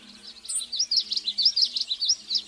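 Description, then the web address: Common yellowthroat song: a rapid run of repeated high phrases, steady throughout. Songbird recorded in the western USA. "Songs of Birds of North America Western USA Songbirds. Common Yellowthroat"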